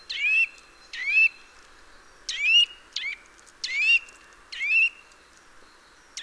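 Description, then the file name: Eurasian nuthatch calls, rising notes with a buzzy edge, separated by short pauses, over faint background hiss. "Sitta europaea"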